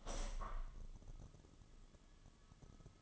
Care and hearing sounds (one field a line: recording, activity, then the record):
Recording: daily activity, microphone in the room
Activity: open window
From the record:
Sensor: 4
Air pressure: 1005.6 hPa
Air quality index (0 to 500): 99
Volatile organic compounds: 2 ppm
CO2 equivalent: 1230 ppm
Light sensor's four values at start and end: 13/29/11/11 and 13/29/11/11